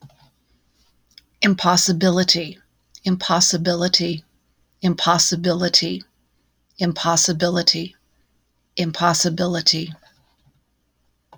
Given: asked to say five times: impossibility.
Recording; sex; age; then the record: repeated word; female; 60 to 69 years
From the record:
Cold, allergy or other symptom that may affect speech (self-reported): no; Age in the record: 63 years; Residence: Indiana, United States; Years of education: 16